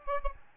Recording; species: mosquito wingbeat signal from an infrared sensor; Aedes albopictus